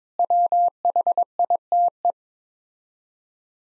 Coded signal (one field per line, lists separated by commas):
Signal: Morse code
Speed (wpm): 22 wpm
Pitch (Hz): 700 Hz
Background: none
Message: WHITE